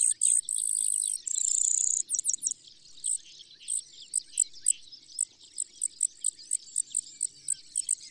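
Brewer's sparrow song: high, fast buzzy trills that switch to a slower series of sharp, evenly spaced high notes.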